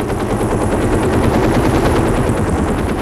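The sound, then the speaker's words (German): A helicopter roars loudly and steadily, its rotor beating in a rapid, heavy thudding chop over a dense rumbling engine noise, with no voices. The helicopter's controls have failed and it tips forward. “In dem Augenblick kippte der Hubschrauber nach vorne über.”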